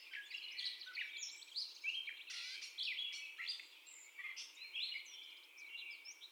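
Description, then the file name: Catbird song: hurried, jumbled phrases of buzzy chatter and thin squeals, constantly changing pitch. First song, recorded 30 May 2021. "2021-05-30 Catbird First Song"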